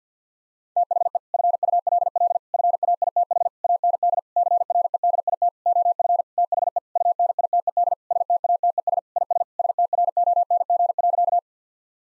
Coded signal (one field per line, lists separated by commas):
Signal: Morse code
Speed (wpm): 50 wpm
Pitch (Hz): 700 Hz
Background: none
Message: THE FULL FAITH AND CREDIT OF THE UNITED STATES IS STRONG.